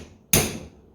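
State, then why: Seated. A steel anti-rattle spring on a Holden HQ disc brake calliper is held over its collar and given a tap or push. It snaps into place at 0.3 s with a sharp, hammer-like metallic hit that rings briefly. The spring is seated, held tight to allow a little drag.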